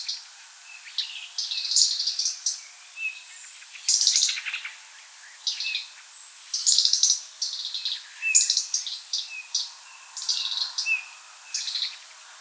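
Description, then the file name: European robin song, a near-continuous string of varied high warbled phrases mixing thin whistles and quick trills, with brief breaks between them. "rotkehlchen"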